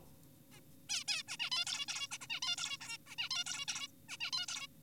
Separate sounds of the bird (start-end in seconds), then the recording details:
0.52-0.60, 0.90-1.04, 1.08-1.23, 1.28-1.37, 1.40-1.50, 1.52-1.65, 1.67-1.86, 1.88-2.08, 2.11-2.18, 2.21-2.27, 2.30-2.40, 2.42-2.56, 2.58-2.78, 2.81-2.97, 3.07-3.15, 3.18-3.29, 3.31-3.44, 3.46-3.66, 3.68-3.88, 4.09-4.17, 4.21-4.31, 4.33-4.46, 4.48-4.67. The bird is an adult. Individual g4p5U